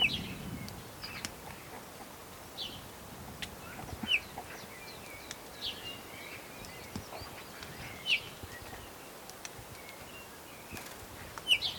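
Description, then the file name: Eurasian bullfinch giving a few soft, short piping notes spaced several seconds apart, over background noise. "Pyrrhula pyrrhula"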